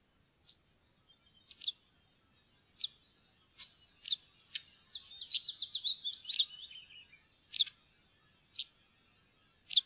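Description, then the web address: Northern wheatear giving sharp clicking calls spaced apart, then a rapid warbling, scratchy phrase of wavering high notes. "fuglelyder steinskvett"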